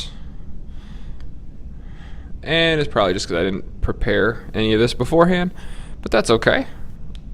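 A plastic Ringke bumper-frame case is pressed onto an iPhone 6/6S while someone talks over quiet handling noise. The frame has not seated or clicked yet when the clip ends.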